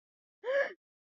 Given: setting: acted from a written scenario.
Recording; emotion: vocal sound without words; fear